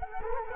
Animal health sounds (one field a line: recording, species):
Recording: mosquito wingbeat signal from an infrared sensor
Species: Culex quinquefasciatus